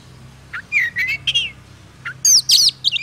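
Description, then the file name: Oriental magpie-robin song: a few clear whistled notes near the start, then a burst of higher slurred and buzzy phrases after a short pause. Lure sound used for bird trapping. "suara burung kacer pikat"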